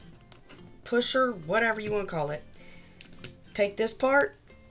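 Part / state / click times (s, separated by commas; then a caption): button back into fabric-covered button shell in a plastic mold / not seated / none. A button back is being handled over a fabric-wrapped button shell in a plastic mold, with a plastic pusher tool ready to press it in. Someone talks, with faint music in the background and a few small taps and handling sounds. Nothing has seated or clicked yet.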